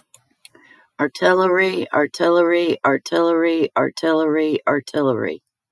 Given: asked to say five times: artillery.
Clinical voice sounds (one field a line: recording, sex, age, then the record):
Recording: repeated word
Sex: female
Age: 50 to 59 years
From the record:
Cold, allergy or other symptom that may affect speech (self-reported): no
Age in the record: 53 years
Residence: United States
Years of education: 13